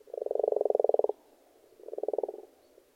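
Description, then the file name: Frogs giving two rattling croaks of fast, even pulses, the first about a second long, the second shorter and quieter. Several frogs calling in a pond. "benboncan frogs-in-a-pond"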